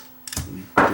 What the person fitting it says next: snapped into place that's that